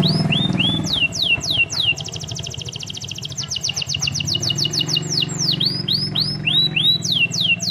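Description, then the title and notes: Canary singing quick swooping whistles, then a long rattling high trill and more swooping notes over a steady low hum. Master song recording for training canaries to sing. "Suara Burung Kenari Masteran. master suara burung kenari mantap"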